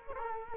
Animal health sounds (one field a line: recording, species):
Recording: mosquito wingbeat signal from an infrared sensor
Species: Culex quinquefasciatus